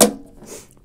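A snap-in bushing or plug is pressed into a clean knockout hole, free of metal shavings, in the inverter enclosure of an altE solar 6.8kW battery backup kit. It pops into place with a single sharp snap at 0.0 s, followed by a quiet fade and a few faint ticks near 0.7 and 0.8 s. The fitting is seated.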